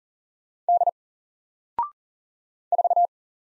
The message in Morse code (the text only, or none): D 4